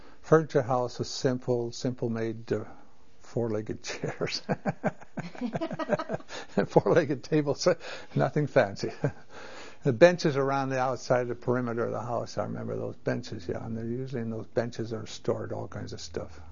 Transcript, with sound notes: Furniture house was simple - simple made four-legged chairs (laughs) And four-legged tables - nothing fancy. The benches around the outside the perimeter of the house - I remember those benches, yeah and they're usually those benches are stored all kinds of stuff.